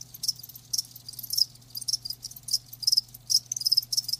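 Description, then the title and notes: Cricket chirps, shrill and high, in quick clustered pulses about two or three a second, with a faint low hum beneath. Live crickets, offered as a lulling song to help with sleep. "Live Crickets Chirping. Enjoy the lulling song of crickets"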